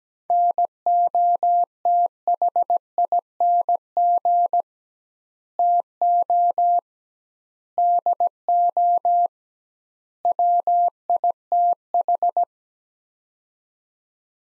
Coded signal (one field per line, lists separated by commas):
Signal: Morse code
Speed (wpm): 17 wpm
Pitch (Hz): 700 Hz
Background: none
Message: NOTHING TO DO WITH